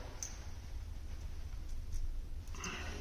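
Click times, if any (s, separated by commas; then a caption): 0.2 s. The cap of a shielded keystone jack is pushed onto the jack body with the palm and fingers. A small, sharp click at 0.2 seconds shows it snapping into place, followed by quieter handling noise. The cap is seated.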